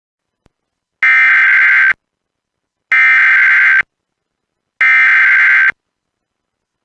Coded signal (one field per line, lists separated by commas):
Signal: Emergency Alert System (SAME) tones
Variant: header bursts